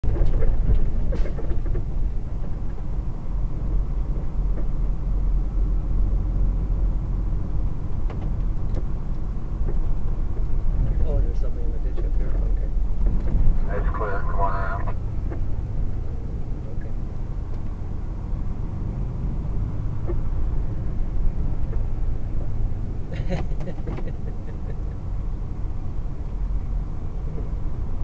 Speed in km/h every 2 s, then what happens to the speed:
21, 19, 21, 21, 21, 21, 18, 16, 16, 18, 18, 15, 15, 15.
0-28 steady at about 18.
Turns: none.